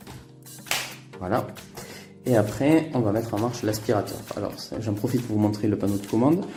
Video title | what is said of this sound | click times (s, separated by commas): Review BISSELL Icon 21V - Steel- en handstofzuiger, draadloos, zonder zak -2899N | donc pour l'utiliser en mode avec usseur uniquement on va le pluguer sur le bloc moteur jusqu'à entendre le clic | 0.7 s